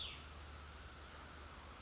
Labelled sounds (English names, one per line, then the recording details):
Cassin's Vireo
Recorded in Sonoma County, California